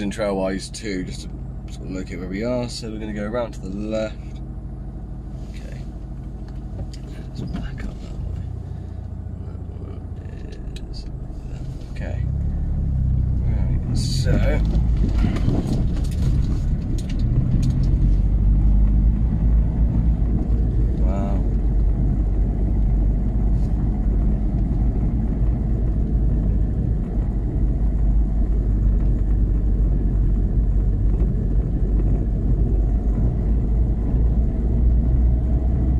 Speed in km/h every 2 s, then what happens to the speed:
0, 0, 0, 0, 0, 0, 0, 5, 15, 21, 21, 21, 23, 21, 21, 19, 21, 24.
0-12 standing. 12-18 pulls away to 21. 18-31 steady at about 21.